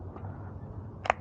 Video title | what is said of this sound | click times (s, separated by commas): This AI powered flying camera is SO easy to use! - HoverCamera X1 - Review | Flip that switch to lock it in. | 1.1 s